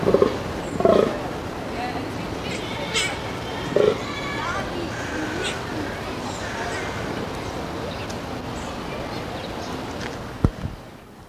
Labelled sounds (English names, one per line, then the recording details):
Fallow Deer call
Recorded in captivity
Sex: male
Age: adult
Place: Zoo Berlin, Berlin, DE
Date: 1991-10-30 10:48
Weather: sunny, 0°C
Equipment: Nagra SN, Kopie Tesla B 116
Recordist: Tembrock, Günter
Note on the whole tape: Männchen treibend: Lautfolgen